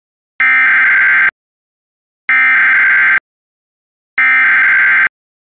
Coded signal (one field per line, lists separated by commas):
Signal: Emergency Alert System (SAME) tones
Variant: header bursts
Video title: 4/20/23: CAP Fire Warning for Skagit County, Washington for a wildfire in Layman (EAS #19)